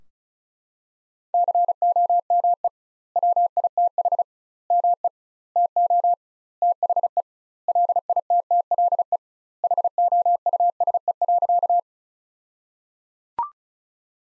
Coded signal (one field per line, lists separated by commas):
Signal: Morse code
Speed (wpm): 34 wpm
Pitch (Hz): 700 Hz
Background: none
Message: COME WITH ME TO THE LITTLE HOUSE.